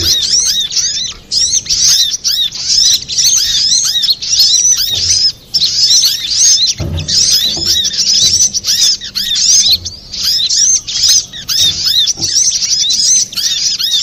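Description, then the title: Little spiderhunter song: bursts of shrill, rapid twitters and slurred chirps, pausing briefly now and then, with faint low knocking sounds. Masteran training recording for cage birds, labelled Labaik. "Sogok Ontong Labaik"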